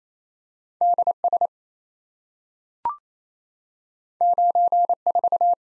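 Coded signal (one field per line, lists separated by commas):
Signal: Morse code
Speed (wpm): 27 wpm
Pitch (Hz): 700 Hz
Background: none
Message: DS 94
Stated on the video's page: Head-copy drill of random two-character letter and number combinations sent at 28 wpm.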